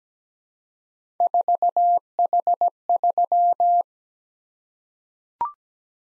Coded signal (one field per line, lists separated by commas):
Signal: Morse code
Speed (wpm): 17 wpm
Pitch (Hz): 700 Hz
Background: none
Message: 4H3